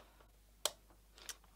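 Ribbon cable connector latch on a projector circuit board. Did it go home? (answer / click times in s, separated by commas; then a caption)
released / 0.7 s. Two fingernails pull back the black plastic locking tab of a flat ribbon-cable (FFC) connector on the circuit board of a UC46 WiFi projector, ahead of pulling out the cable that runs to the LCD during a fix for its noisy fan. A sharp, bright click at 0.7 s marks the latch releasing open, followed by a fainter tick around 1.3 s.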